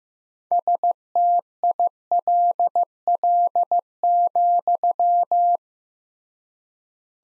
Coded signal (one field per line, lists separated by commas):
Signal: Morse code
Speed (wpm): 15 wpm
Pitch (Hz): 700 Hz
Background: none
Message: STILL,